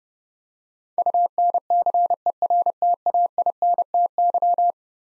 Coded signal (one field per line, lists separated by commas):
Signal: Morse code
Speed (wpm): 31 wpm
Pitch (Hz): 700 Hz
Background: none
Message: UNCERTAINTY